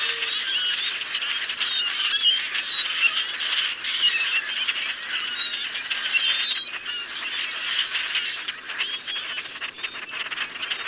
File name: Common Grackle